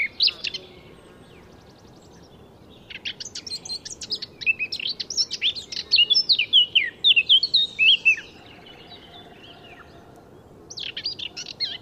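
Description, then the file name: Eurasian blackcap: brief warbled snatches at the start, then a full phrase of scratchy notes turning into loud mellow whistles, another short burst closing out. "Sylvia atricapilla"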